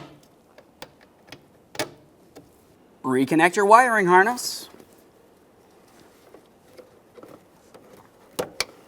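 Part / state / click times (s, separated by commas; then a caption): wiring harness connector into tail light assembly socket / seated / 8.6 s. A wiring harness connector is pressed onto the plastic socket of a 2009-2014 Nissan Maxima tail light housing. Someone talks briefly amid light handling taps, then the connector latches with a sharp click at 8.6 s and is seated.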